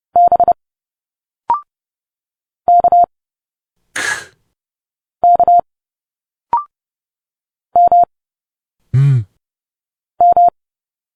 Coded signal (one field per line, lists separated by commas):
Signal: Morse code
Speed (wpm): 30 wpm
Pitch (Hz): 700 Hz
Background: none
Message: B K K M M